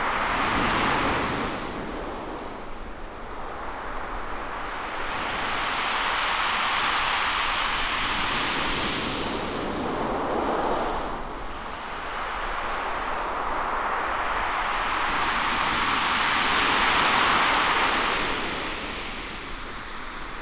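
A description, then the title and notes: An onshore breeze on Chesil beach blows as a steady, dense rush with a rumbling low end. The sound swells and eases in long waves, dipping around three and eleven seconds and peaking near seventeen, like surf washing in under the wind. Onshore breeze on Chesil beach. We took this 30 minute sound photograph on Chesil Beach by Portland last April. Placing the Lento sound camera pointing directly out to sea, about fifteen yards from the breaking waves. The deep visceral and spatial sound of the receding waves as they haul back huge quantities of the smooth, very heavy kind of shingle.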